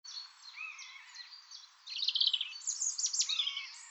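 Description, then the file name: European robin song: soft, thin high warbles at first, then a louder burst of rapid, tumbling, sharply rising and falling high notes through the second half. "Erithacus rubecula"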